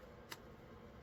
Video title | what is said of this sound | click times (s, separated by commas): How to change engine oil in a 2017 VW Golf MK7 Sportwagon MQB 1.8 TSI turbo | it snap into place there | 0.3 s